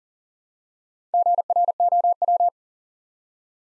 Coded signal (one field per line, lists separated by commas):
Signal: Morse code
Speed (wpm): 42 wpm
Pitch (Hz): 700 Hz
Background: none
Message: GROW